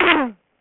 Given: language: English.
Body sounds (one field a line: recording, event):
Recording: throat vibration sensor signal played as sound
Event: throat clearing